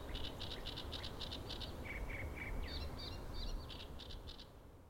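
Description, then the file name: Great reed warbler song: a rapid series of harsh, grating notes repeated about four times a second, dropping briefly to lower croaks, over steady low rumbling noise. "Acrocephalus arundinaceus - Great Reed Warbler"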